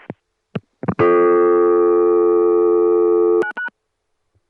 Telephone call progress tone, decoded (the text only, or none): dial tone